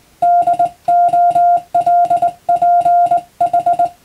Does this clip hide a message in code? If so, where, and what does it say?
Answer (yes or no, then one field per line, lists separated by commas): yes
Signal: Morse code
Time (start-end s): 0.2-3.9 s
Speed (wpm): 21 wpm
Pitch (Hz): 700 Hz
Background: music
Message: DOLPH